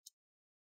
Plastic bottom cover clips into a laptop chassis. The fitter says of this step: and you want to hit those nice big clicks sounds